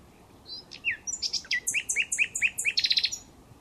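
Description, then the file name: Common nightingale song: a rich, varied phrase of clear whistles and rising notes building into fast repeated chirps and a rapid trill, loud over a quiet background. "Luscinia megarhynchos"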